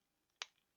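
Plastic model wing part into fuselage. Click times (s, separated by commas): 0.4 s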